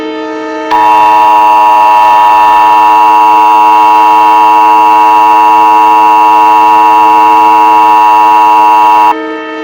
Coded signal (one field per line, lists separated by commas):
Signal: Emergency Alert System (SAME) tones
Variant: 853 and 960 Hz attention tone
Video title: EAS Scenario #10: The Ice Queen (inspired by Akame Ga Kill)